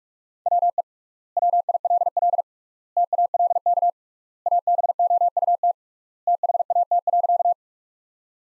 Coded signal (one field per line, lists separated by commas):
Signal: Morse code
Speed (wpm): 46 wpm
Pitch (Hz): 700 Hz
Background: none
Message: WE WILL TALK ABOUT THAT.